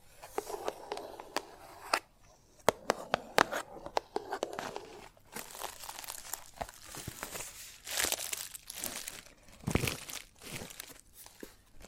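Chalk is tapped and scratched in irregular bursts over twelve seconds. Sharp, bright clicks land every second or so, mixed with dry, rasping scrapes that come and go with short silent gaps. Louder, grittier scraping stands out around eight and ten seconds.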